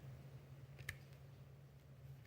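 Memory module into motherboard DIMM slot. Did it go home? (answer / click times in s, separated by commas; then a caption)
no / none. A DDR5 memory stick is pressed down with the thumbs into a motherboard DIMM slot, with a steady low hum and two brief, faint ticks near 0.8 and 0.9 seconds. The stick has not clicked or seated yet; it is only half in, so it gets pressed again.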